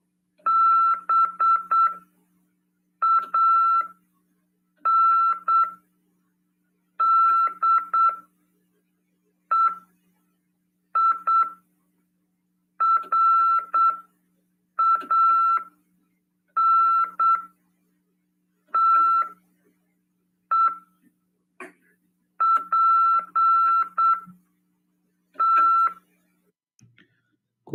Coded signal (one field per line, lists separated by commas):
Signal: Morse code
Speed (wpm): 8 wpm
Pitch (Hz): 1340 Hz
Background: none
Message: BANDEIRANTEPT